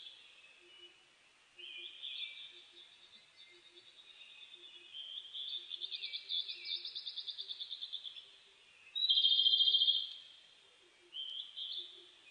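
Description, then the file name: Japanese robin delivering long rolling trilled phrases, then a loud fast rattle, with quiet low rhythmic pulses continuing throughout. Recorded on 29 May 2004. "040529 komadori"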